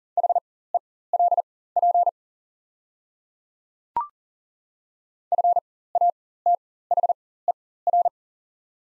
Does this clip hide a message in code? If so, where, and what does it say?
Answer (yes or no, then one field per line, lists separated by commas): yes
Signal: Morse code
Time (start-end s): 0.2-8.1 s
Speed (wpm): 40 wpm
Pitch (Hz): 700 Hz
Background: none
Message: HELP FATHER